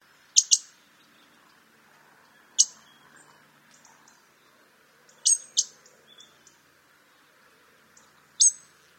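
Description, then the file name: European robin giving sharp, dry ticking calls, a double tick near the start, then single and paired ticks spaced a few seconds apart over a steady low hum. "Erithacus rubecula"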